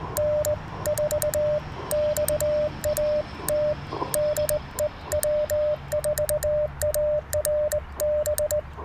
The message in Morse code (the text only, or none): N4XAT DE W4ARB